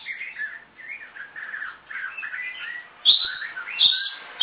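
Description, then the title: Magpie-robin song of soft flowing whistled warbles, growing louder near the end with a few sharp high notes. "Kacer4"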